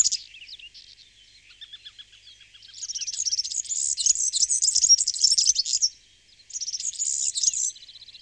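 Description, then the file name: European serin song: soft scattered notes, then a high, fast, jingling twitter that breaks off briefly and resumes. "kosmos 93 girlitz"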